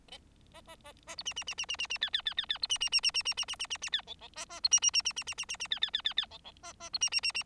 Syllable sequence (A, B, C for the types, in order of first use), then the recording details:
A A A A B C C C C C C C D D D D D B C C C C C C C C C C C D E E A A B C C C C C C C C C D D D D D E E A A B C C C C. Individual Bird4